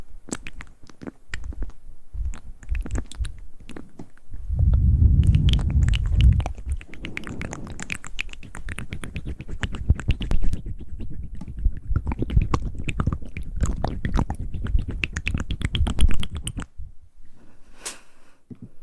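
Wet mouth sounds with a steady run of small clicks, smacks and crackles, dense through most of the clip. A heavier, low, muffled rubbing swells around five to seven seconds. The sounds thin out near the end, leaving a brief soft hiss and near silence.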